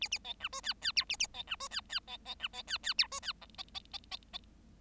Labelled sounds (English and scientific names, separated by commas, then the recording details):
Bengalese Finch (Lonchura striata domestica) song
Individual Bird7